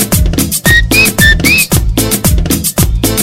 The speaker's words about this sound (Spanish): Yo no sé silbar, pero creo que ustedes sí.